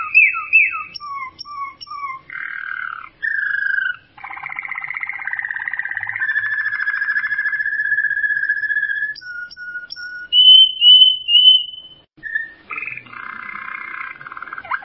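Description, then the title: Bird song of varied whistled phrases, short falling notes, then long buzzy and steady tones, with bright upslurred whistles and chattery bursts between. "burung"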